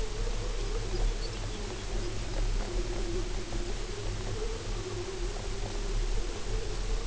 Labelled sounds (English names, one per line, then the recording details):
Lapland Longspur
unidentified sound
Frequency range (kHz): Lapland Longspur 2.7-6.0 kHz
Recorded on Arctic tundra, site UTQI-5, on 19 June 2018
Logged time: 22:00